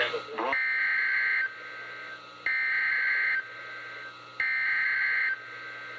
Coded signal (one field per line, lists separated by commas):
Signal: Emergency Alert System (SAME) tones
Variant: header bursts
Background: speech